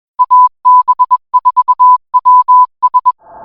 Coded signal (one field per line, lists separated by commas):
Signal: Morse code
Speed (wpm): 21 wpm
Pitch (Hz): 1000 Hz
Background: music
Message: AB4WS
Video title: AB4WS RADIO SHOW December 20, 2024